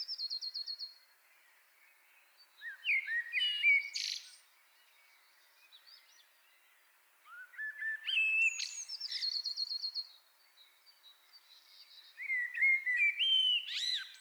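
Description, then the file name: Common blackbird song: the end of a high trill, then three phrases of low fluty notes rising into scratchy high squeaks and trills, with short pauses between. "Turdus merula"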